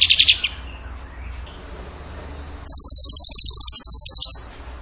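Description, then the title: Bird song: a brief trill at the start, a pause, then a long rapid high-pitched trill of evenly spaced pulses. Training song (masteran) in the tembakan gacor style. "Masteran Burung Tembakan Gacor"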